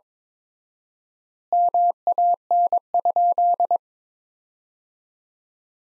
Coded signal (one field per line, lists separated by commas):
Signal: Morse code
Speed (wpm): 22 wpm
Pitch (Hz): 700 Hz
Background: none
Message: MAN?